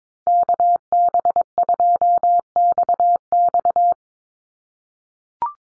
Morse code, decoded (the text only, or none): KB2XX